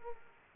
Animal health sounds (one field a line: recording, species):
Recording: mosquito wingbeat signal from an infrared sensor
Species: Aedes aegypti